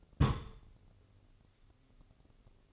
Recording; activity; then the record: daily activity, microphone in the room; place on stove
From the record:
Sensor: 4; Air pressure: 996.1 hPa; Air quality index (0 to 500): 72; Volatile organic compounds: 3 ppm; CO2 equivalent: 1341 ppm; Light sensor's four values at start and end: 18/50/19/20 and 18/50/19/20